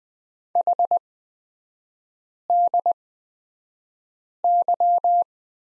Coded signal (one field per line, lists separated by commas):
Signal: Morse code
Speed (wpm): 20 wpm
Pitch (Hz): 700 Hz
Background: none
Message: HDY